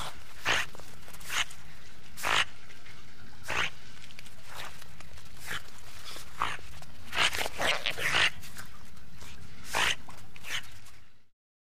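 Otter calls: short, sharp bursts repeated irregularly, clustering into a quick run after seven seconds, over a steady low hum.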